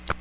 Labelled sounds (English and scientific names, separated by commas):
Magnolia Warbler (Setophaga magnolia) flight call